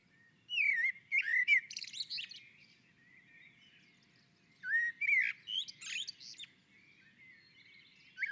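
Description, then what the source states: Common blackbird singing two fluting, warbled phrases with a few seconds' gap, each ending in thin, squeaky high notes. On a roof.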